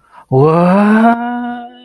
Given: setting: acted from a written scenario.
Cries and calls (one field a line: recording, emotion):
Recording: vocal sound without words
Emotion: distress